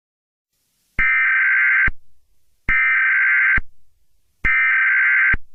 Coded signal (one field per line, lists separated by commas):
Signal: Emergency Alert System (SAME) tones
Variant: header bursts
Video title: EAS Scenario #10: Dare County Disappearances